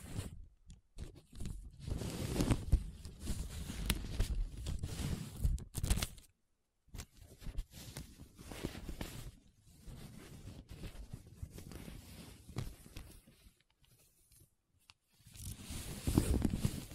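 Paper being rubbed and scratched, a dense, rough rustling that comes in uneven strokes with short gaps of silence. It is loudest in the first six seconds and again near the end, softer and more broken through the middle, with sharp scratchy ticks scattered throughout.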